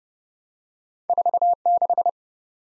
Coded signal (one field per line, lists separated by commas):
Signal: Morse code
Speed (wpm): 29 wpm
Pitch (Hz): 700 Hz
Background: none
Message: 46